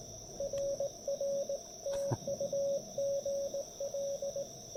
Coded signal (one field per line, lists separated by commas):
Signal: Morse code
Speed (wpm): 18 wpm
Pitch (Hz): 530 Hz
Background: radio noise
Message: RR TU GL